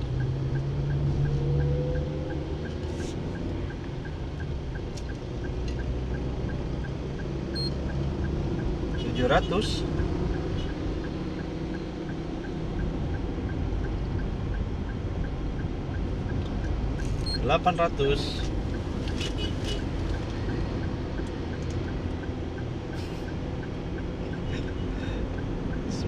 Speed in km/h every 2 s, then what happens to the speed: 27, 28, 35, 34, 34, 35, 36, 39, 39, 39, 39, 39, 37.
0-14 speeds up to 39. 14-26 steady at about 39.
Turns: none.